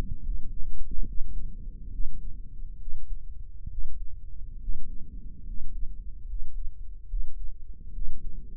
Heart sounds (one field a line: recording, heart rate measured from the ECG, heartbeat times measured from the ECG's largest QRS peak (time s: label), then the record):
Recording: heart sounds by microphone in the right ear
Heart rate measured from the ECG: 70 bpm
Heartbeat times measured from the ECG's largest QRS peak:
0.21 s: heartbeat
1.04 s: heartbeat
1.90 s: heartbeat
2.77 s: heartbeat
3.68 s: heartbeat
4.58 s: heartbeat
5.43 s: heartbeat
6.25 s: heartbeat
7.06 s: heartbeat
7.91 s: heartbeat
From the record:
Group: healthy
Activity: rest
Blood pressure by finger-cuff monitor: 94/63 mmHg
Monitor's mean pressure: 72 mmHg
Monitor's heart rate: 69 bpm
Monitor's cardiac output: 6.3 L/min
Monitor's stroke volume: 91 mL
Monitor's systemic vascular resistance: 820 dyn s/cm5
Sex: male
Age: 23 years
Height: 178 cm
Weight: 96.6 kg